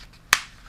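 A Mossy Oak multitool is flicked so its plier head snaps into the handle joint, locking into the open or closed position, and its snap is a little better than the other tool's. A single sharp, bright crack at 0.3 s stands out from a quiet background and decays quickly. The plier head is seated at that snap.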